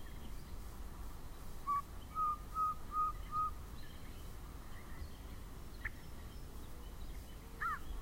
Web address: Yellow breasted. Chat